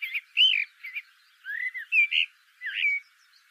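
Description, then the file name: Common blackbird song: a sequence of rich whistled notes in short bursts. "Turdus merula"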